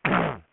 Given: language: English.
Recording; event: throat vibration sensor signal played as sound; throat clearing